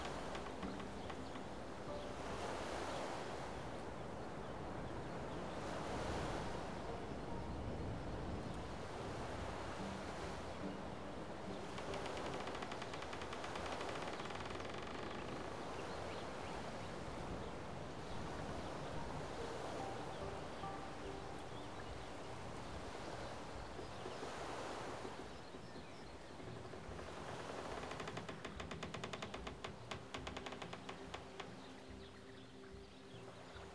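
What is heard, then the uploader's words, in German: Water washes steadily against the edge of a lake, with gentle waves rolling in roughly every three seconds, each one swelling and fading with a soft hiss. A low, constant rumble of wind sits underneath, and the level stays even throughout. Am Rande eines kanadischen Sees.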